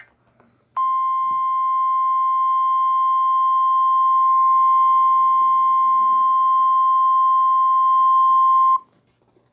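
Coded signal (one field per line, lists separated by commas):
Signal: Emergency Alert System (SAME) tones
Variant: 1050 Hz attention tone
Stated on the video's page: Mock EAS alerts.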